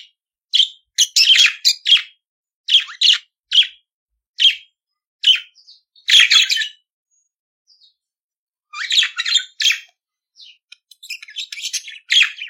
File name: Canto do periquito australiano